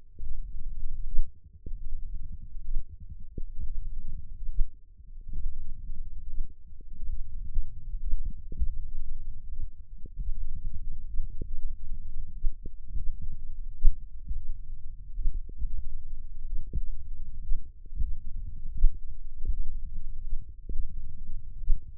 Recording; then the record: forearm muscle sounds (acoustic myography)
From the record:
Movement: finger pinch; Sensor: system 1, eight BSWA MPA416 microphones around the upper forearm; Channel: 8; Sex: male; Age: 20 years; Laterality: left